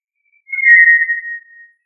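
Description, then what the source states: Quail giving a single pure whistled note, held steady for about a second and sliding slightly lower at the end, in an otherwise silent background. Labelled as family Tinamidae and as quail, with the Indonesian name puyuh.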